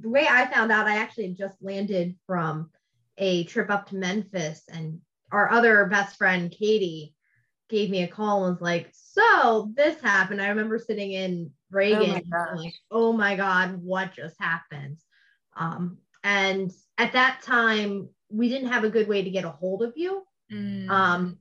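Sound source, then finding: Adult woman speaking. Typical speech.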